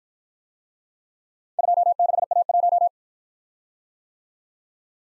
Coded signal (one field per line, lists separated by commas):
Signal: Morse code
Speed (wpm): 53 wpm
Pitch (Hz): 700 Hz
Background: none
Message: 26A1